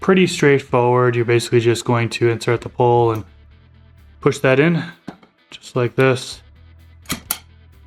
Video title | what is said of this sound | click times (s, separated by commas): How To Assemble a 2x4 Grow Tent! (Step-By-Step) | and then it locks into place | 7.3 s